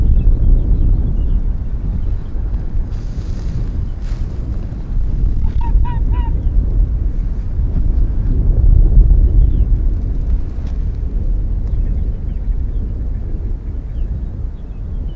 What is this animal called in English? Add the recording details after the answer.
Arctic Fox. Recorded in the wild. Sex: male. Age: adult. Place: Insel Mednyi, Kommandeur-Inseln, RU. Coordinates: 54.5167, 168.083. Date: 1999-06-28 18:05. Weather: 8°C, sonnig, leichter Wind. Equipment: Sony WM-D6C, Sennheiser ME 80, K 30 AV, Windkorb, Kopie Sony TCD-D8. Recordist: Jakupi, Antje